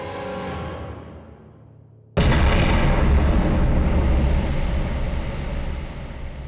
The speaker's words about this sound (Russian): Грохот взрыва раскалывает тишину.